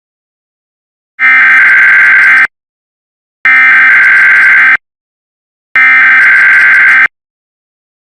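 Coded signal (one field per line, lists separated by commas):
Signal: Emergency Alert System (SAME) tones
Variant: header bursts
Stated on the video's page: Simulated EAS scenario.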